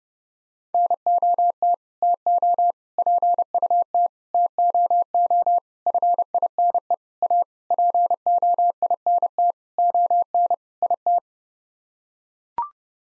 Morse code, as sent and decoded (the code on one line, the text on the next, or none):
-. --- - / - --- / .--. ..- - / - --- --- / ..-. .. -. . / .- / .--. --- .. -. - / --- -. / .. -
NOT TO PUT TOO FINE A POINT ON IT